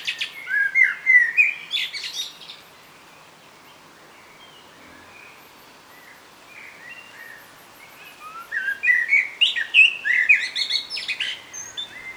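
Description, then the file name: Common blackbird singing a mellow warbled phrase with high twittery ends, then a quiet pause of several seconds, then another fluting phrase with scratchy squeaks. "Turdus merula"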